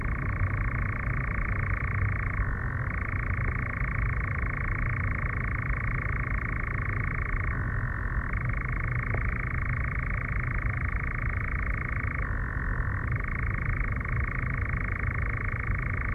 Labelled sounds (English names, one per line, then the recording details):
Eurasian Nightjar
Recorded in the wild
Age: adult
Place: Federaun, AT
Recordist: Brunner, Thomas
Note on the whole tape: Aufnahme: Mitte Juni, Nähe Federaun bei Villach, Kärnten